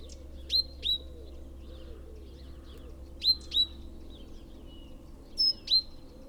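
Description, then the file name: Great tit giving clipped high double notes, pairs repeated at irregular intervals, with faint softer chirps between and a constant low hum beneath. "Parus major"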